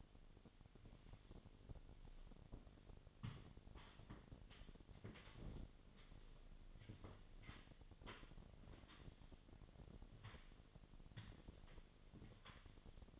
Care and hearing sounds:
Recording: daily activity, microphone in the room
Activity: sweep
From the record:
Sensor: 4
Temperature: 28.5 degrees Celsius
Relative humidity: 34.1%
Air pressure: 1007.8 hPa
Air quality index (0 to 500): 192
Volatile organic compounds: 6 ppm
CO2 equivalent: 1922 ppm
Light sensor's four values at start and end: 23/73/28/27 and 23/72/27/26

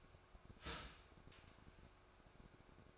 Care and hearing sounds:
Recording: daily activity, microphone in the room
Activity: start toaster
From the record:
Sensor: 2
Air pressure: 1004.0 hPa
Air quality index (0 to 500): 192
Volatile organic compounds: 11 ppm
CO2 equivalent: 2303 ppm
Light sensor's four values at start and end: 4/10/4/4 and 4/10/4/4

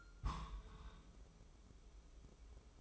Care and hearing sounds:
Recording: daily activity, microphone in the room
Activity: place on stove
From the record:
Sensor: 1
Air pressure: 995.5 hPa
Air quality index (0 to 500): 30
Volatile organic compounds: 1 ppm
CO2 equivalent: 557 ppm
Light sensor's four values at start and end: 26/95/36/36 and 26/96/36/37

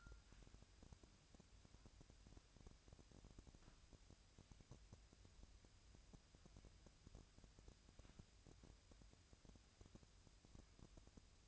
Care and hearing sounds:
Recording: daily activity, microphone in the room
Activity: wipe stove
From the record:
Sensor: 2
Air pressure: 1003.1 hPa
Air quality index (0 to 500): 201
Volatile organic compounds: 6 ppm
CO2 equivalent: 1912 ppm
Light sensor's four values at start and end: 9/22/9/10 and 9/22/9/10

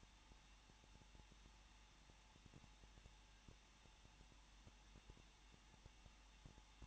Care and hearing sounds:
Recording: daily activity, microphone in the room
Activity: no activity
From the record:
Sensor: 1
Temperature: 20.1 degrees Celsius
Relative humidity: 39.4%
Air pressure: 1006.4 hPa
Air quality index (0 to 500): 219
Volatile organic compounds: 81 ppm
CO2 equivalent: 3611 ppm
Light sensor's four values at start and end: 1/2/1/1 and 1/2/1/1

